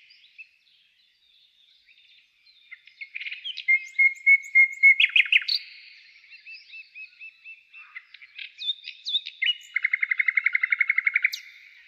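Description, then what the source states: Common nightingale song: quiet start, then a long whistled note, chattering bursts, softer varied phrases, and a final fast rattle of many evenly repeated notes. Song described as a nightingale trill.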